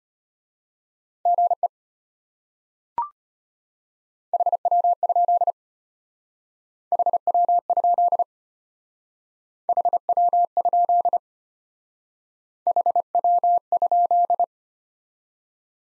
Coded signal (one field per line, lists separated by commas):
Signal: Morse code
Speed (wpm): 33 wpm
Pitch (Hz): 700 Hz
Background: none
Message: GE HW? HW? HW? HW?